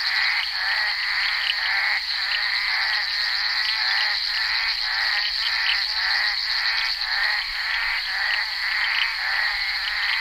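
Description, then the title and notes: Bullfrog: croaking frogs in a busy chorus, pulsed harsh calls recurring steadily, with a sustained whining insect-like drone above. Recorded during the filming of Henri Duparc's Bal poussière, February 1988. "crapaux buffle. enregistré sur le tournage Bal poussière dhenri duparc en février 1988"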